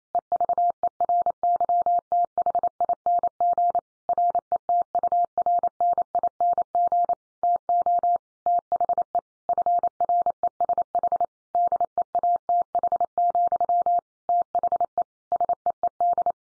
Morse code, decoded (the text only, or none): EVERYTHING RETURNING TO THE FRESH DEATH, THE SEED